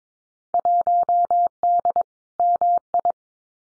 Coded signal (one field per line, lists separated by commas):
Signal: Morse code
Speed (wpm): 22 wpm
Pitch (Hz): 700 Hz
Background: none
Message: 1D MI